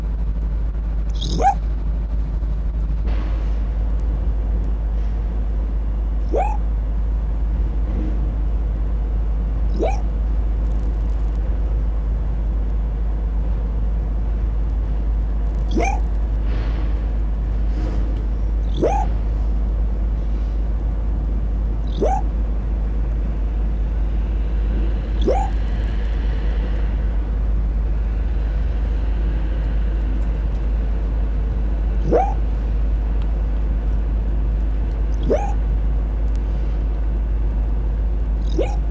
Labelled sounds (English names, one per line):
Arctic Fox